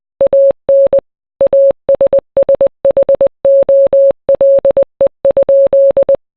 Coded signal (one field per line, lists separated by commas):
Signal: Morse code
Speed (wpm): 20 wpm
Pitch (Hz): 550 Hz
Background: none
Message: AN ASSHOLE?